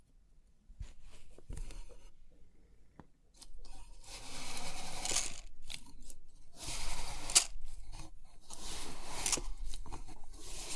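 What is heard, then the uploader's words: 3D pin art is being handled, giving crisp, scratchy rustles that swell and fade in bursts. After a quiet start with a few sharp clicks, dense sweeping surges arrive around five, seven and nine seconds, bright and hissy, with small ticks scattered between them. Crisp 3D Pin Art Tingles(No Talking).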